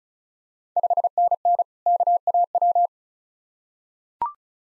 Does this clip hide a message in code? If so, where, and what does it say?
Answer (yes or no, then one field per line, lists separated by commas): yes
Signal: Morse code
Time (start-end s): 0.8-2.9 s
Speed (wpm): 34 wpm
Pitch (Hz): 700 Hz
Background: none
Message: 5NN KAW